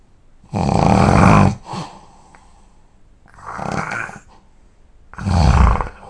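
Three loud, low, rattling snores in about six seconds from a sleeping adult, separated by quieter breathing sounds and coming at uneven intervals. Heavy snoring during sleep.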